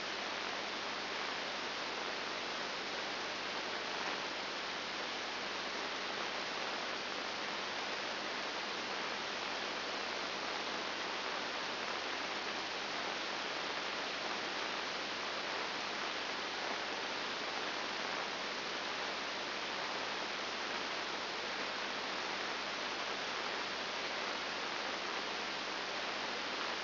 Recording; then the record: brain microelectrode recording played as sound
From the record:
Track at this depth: inside the subthalamic nucleus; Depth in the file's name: 3.102 mm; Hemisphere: left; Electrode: 2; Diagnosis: Parkinson's disease